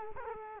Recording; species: mosquito wingbeat signal from an infrared sensor; Culex quinquefasciatus